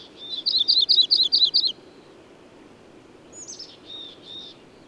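Bird song: a brisk run of about eight high, buzzy notes, then a pause and a few faint, thin chirps.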